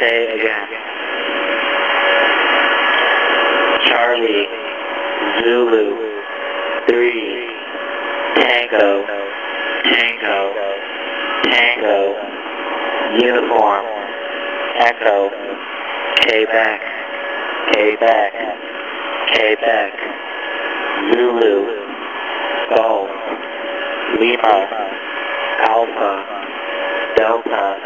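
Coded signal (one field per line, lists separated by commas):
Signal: coded military voice message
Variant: USAF HFGCS EAM, English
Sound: male voice reading phonetic alphabet letters and numbers over noisy shortwave radio static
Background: radio static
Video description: An Emergency Action Message also known as an EAM is used to give orders to units over HF Radio. These messages are encoded and broadcast as needed.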